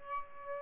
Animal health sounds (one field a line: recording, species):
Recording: mosquito wingbeat signal from an infrared sensor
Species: Aedes albopictus